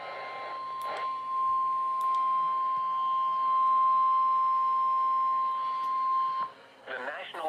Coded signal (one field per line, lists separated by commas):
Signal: Emergency Alert System (SAME) tones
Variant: 1050 Hz attention tone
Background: speech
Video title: EAS Alerts From 6/26/25 (EAS #4865-4932)